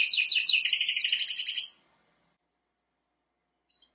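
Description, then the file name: Canary song fragment: a rapid rolling trill lasting under two seconds, then silence and one brief high note near the end. "Canary Voice"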